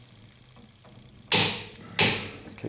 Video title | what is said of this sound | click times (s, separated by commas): 76 Corvette Restomod Pt 314 Torque Thrust II Wheels and new tires | okay there's the click | 1.3 s, 2.0 s